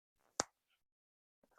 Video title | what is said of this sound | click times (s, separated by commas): Quackers 2 | Quite a nice loud click. | 0.4 s